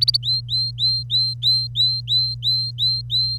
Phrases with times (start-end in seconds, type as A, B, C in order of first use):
0.01-0.17 A, 0.23-3.38 B